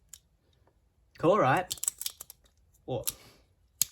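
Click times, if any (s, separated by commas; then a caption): 3.8 s. Someone talks while a plastic spinning-top blade from a Beyblade X Hells Scythe 4-60 Taper BX-02 starter is twisted back into its ratchet lock, with small ticks and taps around it. A loud single click at 3.8 s marks the blade relocking and seating in place.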